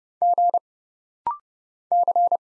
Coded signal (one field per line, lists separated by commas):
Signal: Morse code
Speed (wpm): 30 wpm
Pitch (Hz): 700 Hz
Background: none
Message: G C